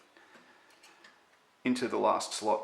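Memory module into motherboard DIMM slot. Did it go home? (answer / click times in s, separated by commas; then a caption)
no / none. A memory stick is lined up over the last DIMM slot on a motherboard before being pushed in, with only faint ticks around 0.2 and 1.1 seconds. Someone talks from about 1.6 seconds onward. Nothing has seated or clicked yet.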